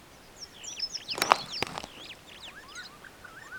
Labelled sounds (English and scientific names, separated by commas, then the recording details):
Superb Starling (Lamprotornis superbus) flight call
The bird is a female
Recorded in Kenya on 26 June 2010
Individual 3, of group CF1